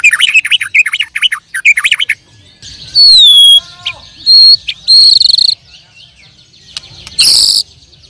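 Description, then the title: Bird song: rapid bursts of sharp chirps, then long high whistled notes that slide downward, ending with a loud buzzy burst. "Kicau Burung"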